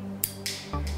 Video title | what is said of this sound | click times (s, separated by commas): Manejo de inhaladores | un lado y hacia otro hasta Oír un clic Y | 0.2 s